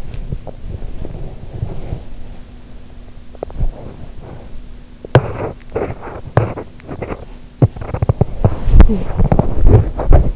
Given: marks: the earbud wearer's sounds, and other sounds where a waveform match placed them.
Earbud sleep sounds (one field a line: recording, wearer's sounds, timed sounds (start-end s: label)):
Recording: sounds in sleep by an in-ear microphone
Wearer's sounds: body movement, teeth grinding, talking in sleep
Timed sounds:
0.00-4.89 s: body movement
3.28-3.54 s: teeth grinding
5.01-10.36 s: teeth grinding
8.86-9.15 s: talking in sleep